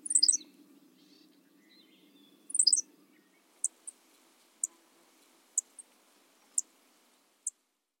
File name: Henslow's Sparrow